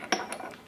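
A steel tube slides onto the nub of a homemade coping fixture, and a clamp is closed to lock it in place before milling. A sharp metallic clack at 0.1 s is the clamp locking the tube in the fixture, surrounded by fainter metallic taps and rubbing around 0.0, 0.3 and 0.5 s. The clamp is seated and the tube is locked.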